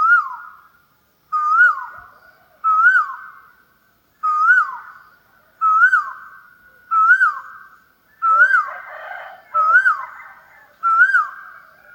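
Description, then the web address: Asian koel calling steadily, nine whistled notes each swooping up and down, repeated roughly every 1.3 seconds, with a faint noisy patch near the end. "the sound pack tree. asian koel bird"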